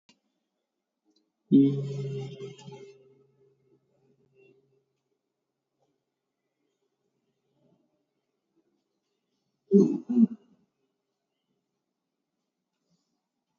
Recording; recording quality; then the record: sustained vowel as in beet; excellent, no background noise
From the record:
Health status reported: COVID-19 positive, mild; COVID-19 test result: positive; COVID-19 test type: RT-PCR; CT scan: taken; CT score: 0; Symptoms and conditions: cough, cold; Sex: male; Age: 30 years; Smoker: no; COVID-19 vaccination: both doses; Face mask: worn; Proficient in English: yes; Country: India